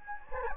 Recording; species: mosquito wingbeat signal from an infrared sensor; Anopheles gambiae